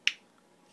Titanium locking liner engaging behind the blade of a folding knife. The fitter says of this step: Yeah, you can hear it click.